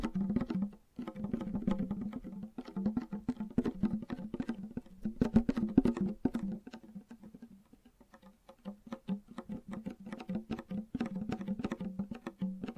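Fast, gentle tapping runs almost the whole way through, many quick light taps in dense clusters with a soft mid-low tone under each burst. The pace eases and thins briefly around the eighth second, then quick tapping picks back up and continues to the end.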